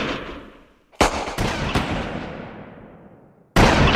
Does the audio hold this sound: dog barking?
no